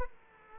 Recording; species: mosquito wingbeat signal from an infrared sensor; Culex quinquefasciatus